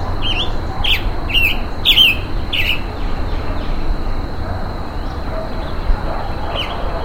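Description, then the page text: Roadside hawk giving a run of short, harsh, slurred calls about every half second over the first few seconds, then quieter scattered chirps over a constant low background hum. Calls given while being mobbed, in humid tropical forest. "Calls of a Roadside Hawk as it is being mobbed in humid tropical forest."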